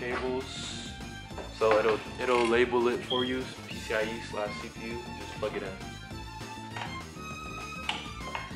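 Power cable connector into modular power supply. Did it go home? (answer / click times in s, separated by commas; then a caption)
yes / 7.9 s. A labeled PC/CPU power cable connector is plugged into the socket of a modular power supply while someone talks over music. The connector clicks in at 7.9 seconds and seats.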